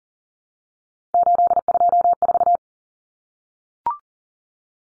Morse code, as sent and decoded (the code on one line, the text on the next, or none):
---.. ..--- ....-
824